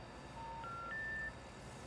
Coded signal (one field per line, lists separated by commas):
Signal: telephone call progress tone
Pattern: special information tone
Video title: One Of The Last Few Functioning Pay Phones